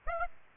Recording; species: mosquito wingbeat signal from an infrared sensor; Aedes aegypti